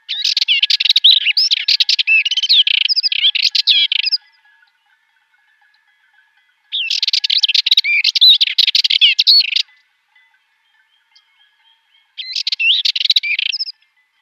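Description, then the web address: Sardinian warbler song: three bursts of rapid, scratchy chattering, each one to four seconds long, separated by pauses of a couple of seconds. "Schulze Peter Sardinian Warbler"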